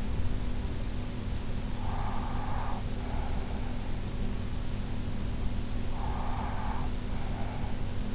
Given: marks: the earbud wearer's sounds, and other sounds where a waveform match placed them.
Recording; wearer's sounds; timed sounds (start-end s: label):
sounds in sleep by an in-ear microphone; breath
1.43-4.11 s: breath
5.50-8.15 s: breath